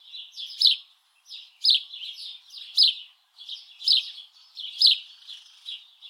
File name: Passer domesticus